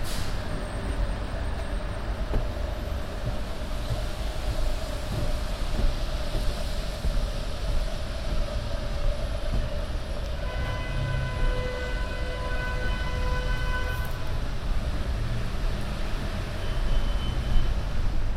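A binaural recording of a subway ride: a dense, steady roar of a train running on the rails fills the whole clip, heavy in the low end. From about ten to fourteen seconds a sustained tonal whine or horn-like note rides over the rumble.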